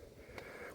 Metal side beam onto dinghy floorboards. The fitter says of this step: and then that makes all three of these boards lock into place